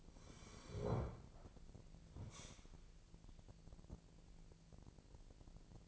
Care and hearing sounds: daily activity, microphone in the room; sit down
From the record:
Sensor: 5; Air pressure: 1001.9 hPa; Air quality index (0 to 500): 246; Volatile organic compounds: 30 ppm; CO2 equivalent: 2952 ppm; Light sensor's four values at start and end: 45/108/45/49 and 46/108/45/49

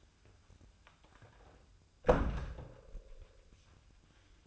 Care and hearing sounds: daily activity, microphone in the room; close door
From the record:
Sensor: 2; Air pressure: 1004.8 hPa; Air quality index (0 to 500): 69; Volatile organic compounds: 1 ppm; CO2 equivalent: 813 ppm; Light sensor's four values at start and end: 7/18/7/7 and 7/17/7/7

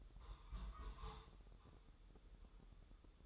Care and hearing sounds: daily activity, microphone in the room; take from stove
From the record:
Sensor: 3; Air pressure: 995.4 hPa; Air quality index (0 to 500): 86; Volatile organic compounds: 8 ppm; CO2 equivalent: 2090 ppm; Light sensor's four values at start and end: 26/79/33/28 and 26/79/33/28

